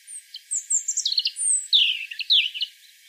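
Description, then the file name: European robin song: a short run of high, thin whistles and quick tumbling notes, continuous and varied in pitch. "Erithacus rubecula"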